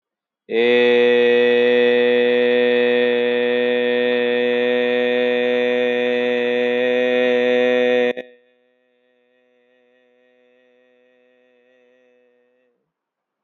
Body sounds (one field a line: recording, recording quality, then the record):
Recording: sustained vowel as in made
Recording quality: excellent, no background noise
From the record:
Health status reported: healthy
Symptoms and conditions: none ticked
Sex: male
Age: 36 years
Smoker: not ticked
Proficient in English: yes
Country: India